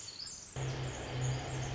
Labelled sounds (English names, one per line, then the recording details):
Pacific Wren
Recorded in Sonoma County, California